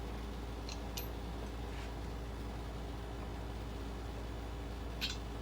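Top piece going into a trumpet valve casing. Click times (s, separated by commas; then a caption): 0.7 s, 1.0 s. During trumpet reassembly, with the bottom pieces already on, the top piece of a valve is fitted into the trumpet valve casing and clicks into place, with sharp clicks at 0.7 s and 1.0 s over a steady low background hum. A brief faint tick follows near 5.1 s, and the top piece is confirmed seated.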